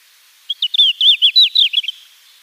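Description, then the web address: Red-flanked bluetail singing one brisk, high phrase of separate clear notes that slur up and down, lasting just over a second. "Schulze Peter Red-flanked Bluetail song"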